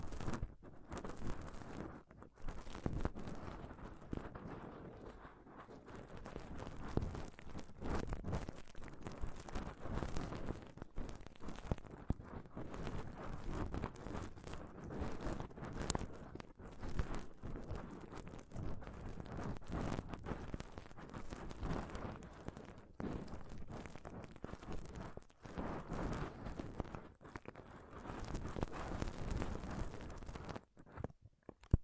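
Rough scratching and rubbing right on the mic runs without a break for about half a minute, a dense crackly texture heavy in the low end. Bursts of sharp taps and scrapes come rapidly and irregularly, briefly cutting out near the very end.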